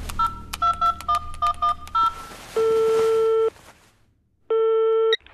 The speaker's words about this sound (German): Eilig griff er zum Telefon und wählte die Nummer seines Sohnes.